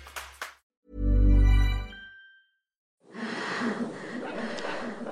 That's a woman in labour. that's the sound of a heart monitor gauging her baby's heartbeat. That baby is about to be born.